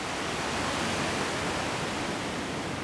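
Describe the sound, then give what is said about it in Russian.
A steady, dense rush of water from a fast, powerful mountain river current, with a constant hiss across the whole range and no pauses, voices or distinct splashes. “И даже если мы не видим эту реку, а находимся где-то далеко, мы знаем, что течение такой реки очень быстрое.”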